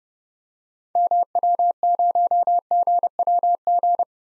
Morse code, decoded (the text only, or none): MW0GWG